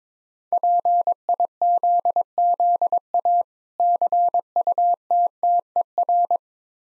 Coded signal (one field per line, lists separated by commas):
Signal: Morse code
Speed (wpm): 22 wpm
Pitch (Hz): 700 Hz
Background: none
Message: PIZZA CUTTER